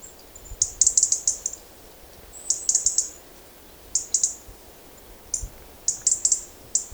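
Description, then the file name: European robin giving thin, very high calls in quick clusters of several notes, with pauses between bursts. "Erithacus rubecula"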